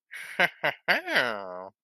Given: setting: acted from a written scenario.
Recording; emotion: vocal sound without words; romantic love